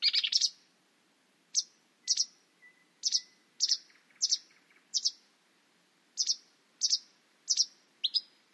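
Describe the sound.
Bird calls: short, high, sharp chirps given singly or in quick pairs, repeated roughly every half second to a second, with brief pauses between.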